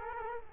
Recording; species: mosquito wingbeat signal from an infrared sensor; Culex quinquefasciatus